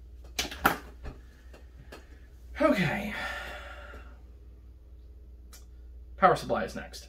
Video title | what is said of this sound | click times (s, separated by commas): I'm bored, let's take apart my computer (08 - VEDA2021) | it just snaps in place and that's nice | 0.4 s, 0.7 s